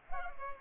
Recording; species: mosquito wingbeat signal from an infrared sensor; Culex pipiens